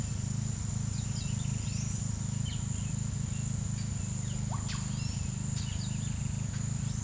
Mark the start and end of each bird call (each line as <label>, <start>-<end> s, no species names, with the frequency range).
bird call (1.8-8.3 kHz), 0.73-2.74 s
bird call (0.3-6.6 kHz), 4.15-6.80 s